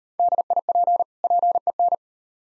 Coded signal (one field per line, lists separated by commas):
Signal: Morse code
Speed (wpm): 38 wpm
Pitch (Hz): 700 Hz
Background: none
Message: DIP PEN